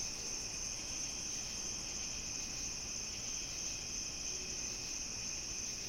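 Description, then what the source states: Crickets chirping in a dense, steady, high-pitched chorus that continues without pause, layered in several bright bands over faint low background rumble. Summer night; binaural.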